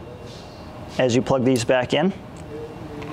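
A plastic wire harness connector is being plugged back onto the circuit board header of a Vertek VTK penetrometer cone after the board was dried out overnight. Someone talks from about 1.0 to 2.1 s over a low steady background hum. Nothing has seated or clicked yet.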